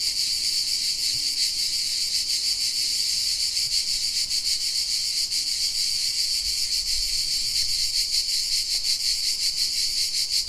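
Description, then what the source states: Cicadas singing in a continuous high, shrill buzz with a fast pulsing texture, unbroken throughout. Several cicadas singing in the afternoon at a festival camp site in the Ethnographic Museum backyard, Santarcangelo, Italy.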